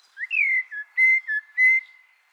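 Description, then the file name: Common blackbird song: a short run of mellow, fluty whistles near one pitch, a brief upward swoop first, then level notes with small dips, fading out after two seconds. "Turdus merula"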